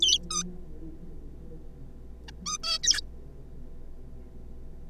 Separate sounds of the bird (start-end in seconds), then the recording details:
0.01-0.19, 0.30-0.43, 2.28-2.31, 2.46-2.58, 2.63-2.78, 2.84-3.01. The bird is a juvenile. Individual R3549